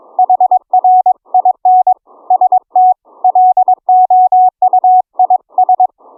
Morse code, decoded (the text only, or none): HRIN ST LOUIS